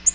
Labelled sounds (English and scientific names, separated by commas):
Nashville Warbler (Leiothlypis ruficapilla) flight call